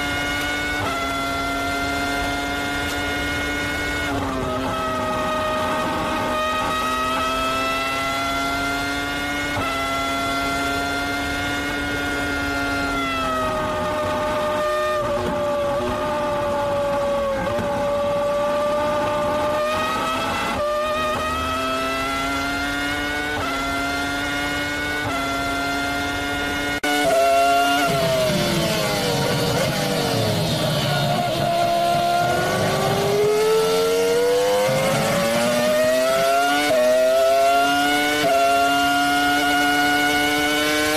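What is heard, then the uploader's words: A Formula One race car engine holds a high, buzzing whine, its pitch rising and dipping gently through the first half. Around 27 seconds it gets louder and rougher, the tone sweeping down then climbing steadily as the car revs hard. Formula One Race Car.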